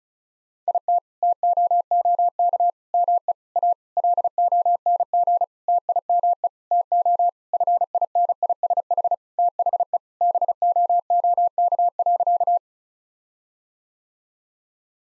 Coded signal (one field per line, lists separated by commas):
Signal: Morse code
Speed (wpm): 34 wpm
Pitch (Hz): 700 Hz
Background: none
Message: IT TOOK ME A LONG TIME TO FINISH THE BOOK.